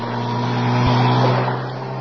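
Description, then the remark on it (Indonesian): A motorboat engine drones steadily, its low humming tone held over a wash of rushing noise, with a brief thump partway through and no voices. “Aku curiga dengan motor bot yang berhenti di sana itu.”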